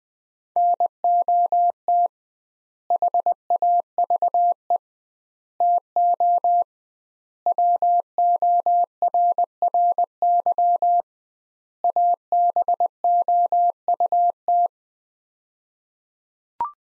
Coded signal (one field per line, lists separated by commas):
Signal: Morse code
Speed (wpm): 21 wpm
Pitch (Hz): 700 Hz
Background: none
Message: NOT HAVE TO WORRY ABOUT